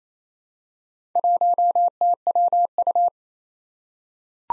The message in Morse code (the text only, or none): 1TWU